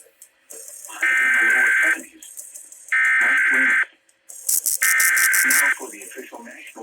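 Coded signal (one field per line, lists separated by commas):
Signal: Emergency Alert System (SAME) tones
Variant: header bursts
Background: speech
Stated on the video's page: NOAA Weather Radio broadcast of a Required Weekly Test.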